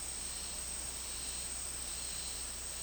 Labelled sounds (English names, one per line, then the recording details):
none
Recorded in dense forest near Puerto Asís, Putumayo, Colombia, on 24 March 2025 at 12:00
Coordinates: 0.503, -76.323
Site GP09